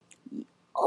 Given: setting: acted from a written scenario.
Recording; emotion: vocal sound without words; pride